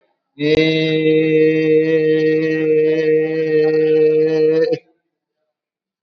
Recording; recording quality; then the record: sustained vowel as in made; excellent, no background noise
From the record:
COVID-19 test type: RT-PCR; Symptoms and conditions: sore throat, fever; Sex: male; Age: 22 years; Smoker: no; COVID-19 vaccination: one dose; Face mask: worn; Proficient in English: yes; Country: India